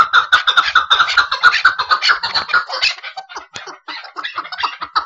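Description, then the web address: Chukar partridge calling with rapid, grating chuck notes in a slightly uneven rhythmic series throughout. "aswat Hajal Jabali"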